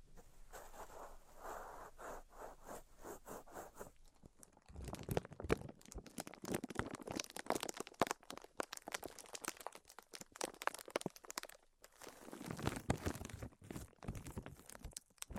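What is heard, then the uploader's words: Tapping, scratching and tracing sounds. For the first four seconds, soft regular taps come in a quick, even rhythm. After a brief pause, denser crinkly scratching and sharp crunchy ticks take over, busy and uneven, with a short gap near twelve seconds before resuming. Tapping, Scratching, and Tracing Sounds.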